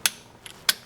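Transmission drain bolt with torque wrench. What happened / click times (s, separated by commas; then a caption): The torque wrench clicked at its set torque / 0.1 s, 0.7 s. A click-type torque wrench set to 26 ft-lb tightens the transmission drain bolt on a 2021 Honda Ridgeline, worked upside down. Two sharp wrench clicks sound at 0.1 s and 0.7 s, with faint metallic ticks between and after. The bolt is confirmed torqued to spec.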